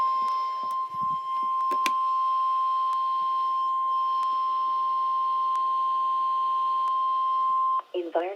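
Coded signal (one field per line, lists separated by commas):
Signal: Emergency Alert System (SAME) tones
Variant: 1050 Hz attention tone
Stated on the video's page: Required Monthly Test relayed three minutes after the Required Weekly Test.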